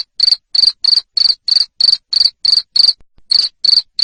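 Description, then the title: Cricket chirp, shrill pulsed bursts repeating roughly three times per second, steady and loud with one brief break. Loud cricket chirping used to stimulate lovebirds to keep singing. "Suara JANGKRIK NGERIK Keras Bikin LOVEBIRD Jadi NGEKEK Terus Vubey"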